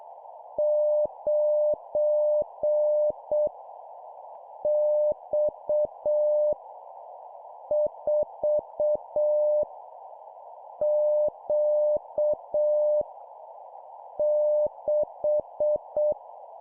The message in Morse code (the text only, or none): 9 X 4 Q 6